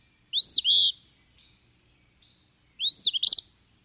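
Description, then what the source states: Phoebe song: two brisk, burry phrases, each a quick arching note followed by a buzzy stutter, with a pause between. Phoebe singing; its song is a little more energetic than the Eastern Wood-Pewee's, and both species can be heard at the same spot.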